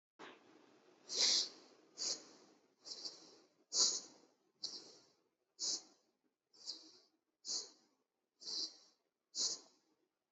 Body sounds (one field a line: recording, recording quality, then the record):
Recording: shallow breathing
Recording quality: excellent, no background noise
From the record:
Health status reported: healthy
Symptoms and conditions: none ticked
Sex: male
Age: 26 years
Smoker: not ticked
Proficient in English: yes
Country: India